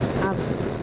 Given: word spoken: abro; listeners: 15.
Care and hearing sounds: one Spanish word in noise, from a listening test; noise modulated by three-talker babble; -3.3 dB; 2 of 15; 6 of 15; 0.43 s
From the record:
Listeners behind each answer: 6, 6, 2, 1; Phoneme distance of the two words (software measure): 20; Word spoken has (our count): 2 syllables, 4 phonemes, stress on syllable 1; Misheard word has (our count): 2 syllables, 4 phonemes, stress on syllable 1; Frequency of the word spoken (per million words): 3.02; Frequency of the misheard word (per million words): 108.79

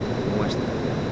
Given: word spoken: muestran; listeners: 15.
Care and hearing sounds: one Spanish word in noise, from a listening test; speech-shaped noise; -6.1 dB; 1 of 15; 7 of 15; 0.72 s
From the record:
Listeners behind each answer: 7, 2, 1, 1, 1, 1, 1, 1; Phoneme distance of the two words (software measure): 7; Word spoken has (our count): 2 syllables, 8 phonemes, stress on syllable 1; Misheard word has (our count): 2 syllables, 7 phonemes, stress on syllable 1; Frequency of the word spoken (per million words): 37.62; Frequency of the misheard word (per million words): 134.78

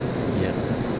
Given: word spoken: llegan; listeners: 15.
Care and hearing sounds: one Spanish word in noise, from a listening test; speech-shaped noise; -5.8 dB; 0 of 15; 7 of 15; 0.59 s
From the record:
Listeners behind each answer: 7, 4, 1, 1, 1, 1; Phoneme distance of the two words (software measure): 34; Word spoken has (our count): 2 syllables, 5 phonemes, stress on syllable 1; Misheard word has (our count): 2 syllables, 5 phonemes, stress on syllable 1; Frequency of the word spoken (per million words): 47.54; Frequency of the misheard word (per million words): 251.39

